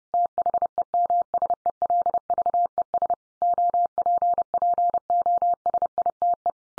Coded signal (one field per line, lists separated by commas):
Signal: Morse code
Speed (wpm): 30 wpm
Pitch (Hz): 700 Hz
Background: none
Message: THEMSELVES OPPOSITE